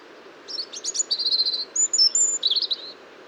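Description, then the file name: European robin song: one brief phrase of thin, high whistles and quick trills, jumping between very high and slightly lower notes, over a steady low background hum. "Erithacus rubecula"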